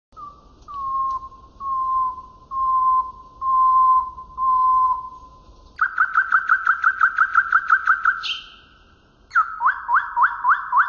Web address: canto do rouxinol ocidental para treinar canarios